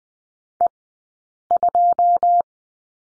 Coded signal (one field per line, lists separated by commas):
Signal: Morse code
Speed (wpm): 20 wpm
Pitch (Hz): 700 Hz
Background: none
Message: E2